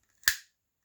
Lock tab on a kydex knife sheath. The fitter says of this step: pinch that with your thumb and it'll go in and when it does lock up